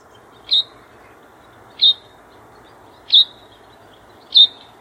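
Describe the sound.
White wagtail: four clipped, bright call notes from a White wagtail, spaced about every 1.3 seconds, set against a continuous low-pitched background drone.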